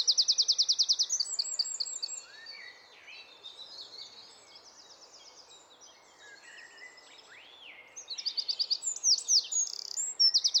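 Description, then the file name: Eurasian wren song, a loud fast trill opening, quieter high twitters in the middle, then strong trilled phrases returning at the end. "Troglodytes troglodytes"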